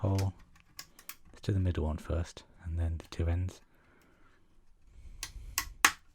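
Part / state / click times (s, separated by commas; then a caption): plastic pipe part into model wing frame / seated / 5.9 s. Someone talks while a small plastic pipe part for a model X-Wing is pushed into its holes on the wing frame, middle peg first and then the two ends. Softer clicks come at about 5.2 and 5.6 seconds, then a sharp click at 5.9 seconds as the part seats in place.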